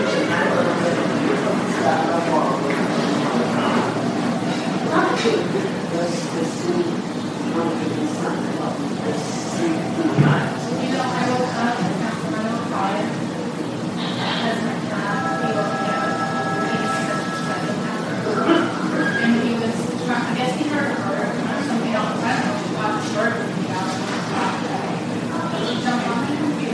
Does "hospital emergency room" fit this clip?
yes